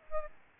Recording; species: mosquito wingbeat signal from an infrared sensor; Aedes albopictus